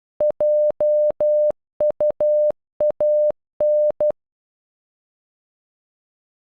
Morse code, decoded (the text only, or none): JUAN